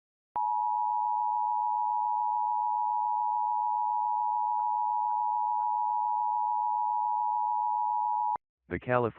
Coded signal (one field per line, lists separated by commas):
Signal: Emergency Alert System (SAME) tones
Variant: 853 and 960 Hz attention tone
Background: speech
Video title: EAS Scenario - Exploding TVs (FLASHING LIGHTS)